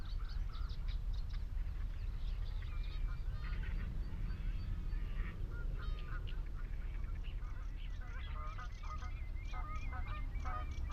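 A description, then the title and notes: A marshland soundscape on Higham Marshes in Kent on a May afternoon, filled with a steady low rumble of wind. Geese honk and call repeatedly throughout, with busy overlapping bird chatter and short chirps growing livelier in the last few seconds. Out in the wide open on Higham Marshes in Kent on a warm May afternoon. The sound scene of the Higham Marshes nature reserve from a little hawthorn tree in full scented blossom.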